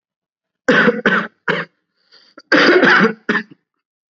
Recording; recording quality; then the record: shallow voluntary cough; excellent, no background noise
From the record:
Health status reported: COVID-19 positive, mild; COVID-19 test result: positive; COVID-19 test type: RT-PCR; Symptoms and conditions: cough, fever, fatigue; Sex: male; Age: 26 years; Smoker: no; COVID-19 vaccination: both doses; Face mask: worn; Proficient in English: yes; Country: India